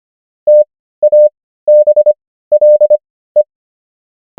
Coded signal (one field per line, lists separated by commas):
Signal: Morse code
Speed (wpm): 25 wpm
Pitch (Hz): 600 Hz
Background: none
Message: TABLE